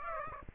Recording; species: mosquito wingbeat signal from an infrared sensor; Aedes aegypti